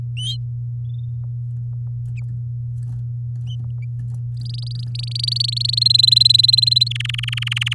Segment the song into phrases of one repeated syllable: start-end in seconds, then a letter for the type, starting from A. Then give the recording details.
4.37-5.83 A, 5.85-6.88 B, 6.91-7.74 C. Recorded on 7 May 2018 at 06:43. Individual llb16